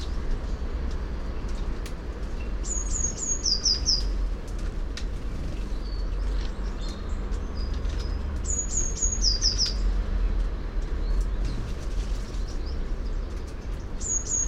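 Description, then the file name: Eurasian blue tit song: high thin 'tsee-tsee' notes followed by a short lower trill, given twice about six seconds apart, with a third phrase beginning at the end, over steady low rumbling noise. "Cyanistes caeruleus"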